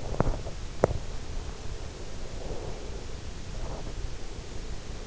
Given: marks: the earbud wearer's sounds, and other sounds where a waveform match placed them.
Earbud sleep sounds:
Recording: sounds in sleep by an in-ear microphone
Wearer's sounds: swallowing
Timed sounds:
0.00-5.07 s: sound from someone else or the room
0.05-1.02 s: swallowing

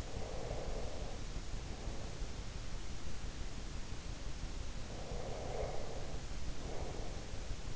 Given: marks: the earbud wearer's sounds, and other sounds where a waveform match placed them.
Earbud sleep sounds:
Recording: sounds in sleep by an in-ear microphone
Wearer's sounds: breath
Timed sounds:
0.00-2.37 s: breath
4.88-7.54 s: breath

